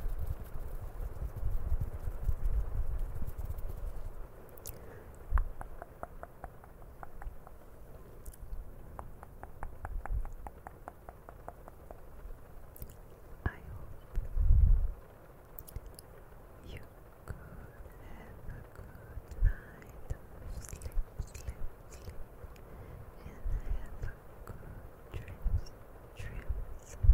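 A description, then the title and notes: Soft mouth sounds and light tapping or rubbing against a microphone, with small clicks and wet smacks scattered throughout. A low rumbling thump stands out near the start and again around fifteen seconds, while a faint steady hiss sits underneath like rain. CAMERA TOUCHING E MOUTH SOUNDS. ASMR WITH RAIN SOUNDS.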